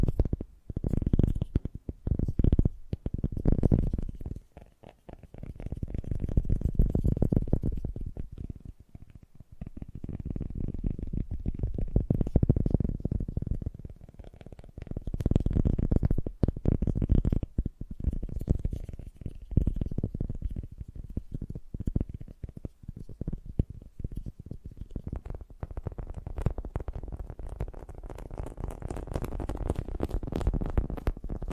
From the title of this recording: Fast & Gentle Tapping